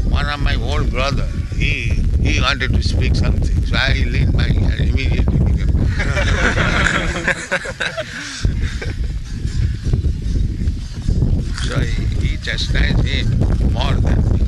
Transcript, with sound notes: One of my old brother, he, he wanted to speak something. So I leaned my... I immediately became... [laughter] So he chastised him more than me.